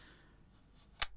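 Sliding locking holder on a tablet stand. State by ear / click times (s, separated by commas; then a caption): seated / 1.0 s. The sliding holder on a Cooler Master Ren tablet stand is pushed until it locks into its second size position. After a quiet stretch, a single sharp click is heard at 1.0 s as the holder seats.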